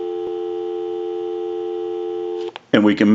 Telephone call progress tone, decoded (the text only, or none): dial tone